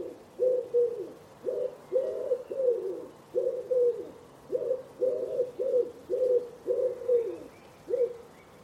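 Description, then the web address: Common Wood Pigeon coo, deep hooting notes in rhythmic phrases, repeated through the whole stretch. Bird-only recording from a 2025 soundscape bird dataset. "cianscape. Deverinetal"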